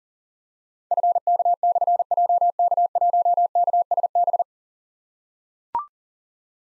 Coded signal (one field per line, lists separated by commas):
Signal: Morse code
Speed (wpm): 39 wpm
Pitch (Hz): 700 Hz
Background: none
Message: FK/JK1KSB